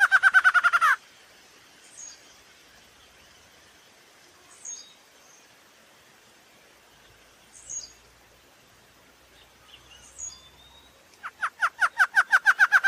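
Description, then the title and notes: Caatinga antshrike calling: a fast rattling series of repeated notes opens and closes the passage, with faint high chirps in the quiet between. Male bird. "Thamnophilus capistratus_macho. Áudio do pio do choca-barrada-do-nordeste"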